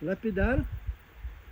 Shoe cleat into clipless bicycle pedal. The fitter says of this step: Mais comme il faut l'enclencher, tu vois là, je l'ai pas enclenché.